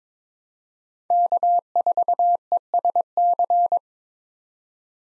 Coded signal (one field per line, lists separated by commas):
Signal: Morse code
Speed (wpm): 22 wpm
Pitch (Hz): 700 Hz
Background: none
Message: K4ESC